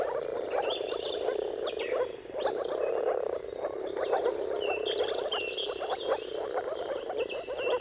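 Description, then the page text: Dense moor frog chorus of overlapping bubbling calls, steady throughout, with bird chirps and whistles layered above. Many moor frogs in a mating chorus at sunrise, at the turn of March and April depending on the weather. "Jakub-Orzecki moor frogs. Depending on the weather at the turn of March and April, you can witness an amazing spectacle of moor frogs"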